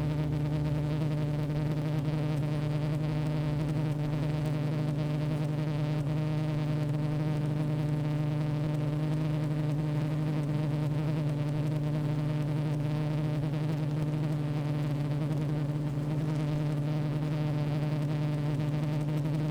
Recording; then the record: honeybee colony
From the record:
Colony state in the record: active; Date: 28 July 2017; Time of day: 15:07